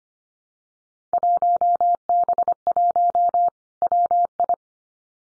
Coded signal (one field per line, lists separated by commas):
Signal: Morse code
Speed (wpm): 25 wpm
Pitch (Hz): 700 Hz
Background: none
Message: 1B1 WI